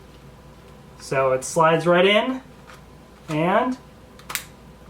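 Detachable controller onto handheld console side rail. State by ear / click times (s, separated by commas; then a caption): seated / 4.3 s. A Joy-Con controller from a Nintendo Switch Zelda Special Edition slides down the rail on the side of the handheld console while someone talks. A short, sharp click at 4.4 s marks the controller locking into place on the rail.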